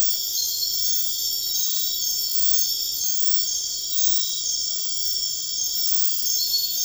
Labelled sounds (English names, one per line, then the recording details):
none
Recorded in dense forest near Puerto Asís, Putumayo, Colombia, on 21 February 2024 at 02:30
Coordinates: 0.500, -76.322
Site G6465